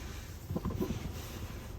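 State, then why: Not seated. A plastic dash bezel holding a Dasaita Vivid 10.2" Android head unit is lined up against a small lip in the dashboard of a 2014–2021 Nissan Rouge/X-Trail, before the final push to snap its clips in. Soft, low scuffs and light knocks of handling are heard, with brief taps at about 0.6 s and 0.7 s amid a steady background hum. Nothing has seated or clicked yet.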